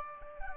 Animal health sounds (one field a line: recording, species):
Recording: mosquito wingbeat signal from an infrared sensor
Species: Aedes albopictus